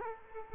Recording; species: mosquito wingbeat signal from an infrared sensor; Culex quinquefasciatus